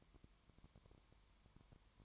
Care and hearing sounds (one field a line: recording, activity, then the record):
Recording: daily activity, microphone in the room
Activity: no activity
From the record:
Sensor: 3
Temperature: 20.1 degrees Celsius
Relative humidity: 31.4%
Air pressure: 1001.2 hPa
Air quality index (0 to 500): 74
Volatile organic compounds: 1 ppm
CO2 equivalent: 695 ppm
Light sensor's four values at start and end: 2/3/2/2 and 2/3/2/2